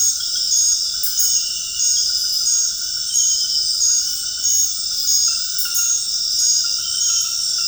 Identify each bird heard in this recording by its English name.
none